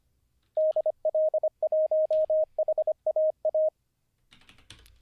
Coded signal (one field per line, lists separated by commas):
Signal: Morse code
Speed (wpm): 25 wpm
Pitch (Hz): 620 Hz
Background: none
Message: DL1HAA